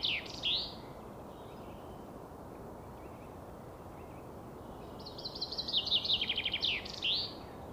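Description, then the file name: Common chaffinch singing two brief notes early on, then a full descending rattling trill closed by an emphatic terminal flourish. Low constant background noise between. "Fringilla coelebs"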